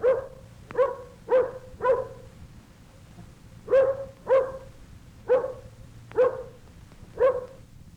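Dog giving nine single barks, spaced about half a second to a second apart, with a longer gap after the fourth, and quiet background.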